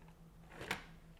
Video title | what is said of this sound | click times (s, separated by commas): How to Replace an LD Brand Compatible Brother DR-730 Drum | you should hear it click it's | 0.7 s